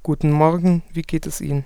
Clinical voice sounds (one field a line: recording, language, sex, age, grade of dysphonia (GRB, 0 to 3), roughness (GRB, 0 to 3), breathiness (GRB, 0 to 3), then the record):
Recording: spoken sentence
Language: German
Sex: male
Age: 20 to 29 years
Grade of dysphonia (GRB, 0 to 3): 0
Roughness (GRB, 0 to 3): 0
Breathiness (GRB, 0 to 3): 0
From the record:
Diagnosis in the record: healthy voice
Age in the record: 20 years